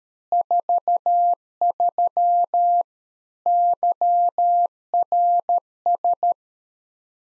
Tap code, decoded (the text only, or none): none